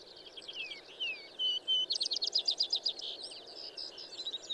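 Bird song with high whistled slurs followed by a rapid run of repeated sharp notes, somewhat masked by constant background noise.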